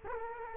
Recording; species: mosquito wingbeat signal from an infrared sensor; Culex quinquefasciatus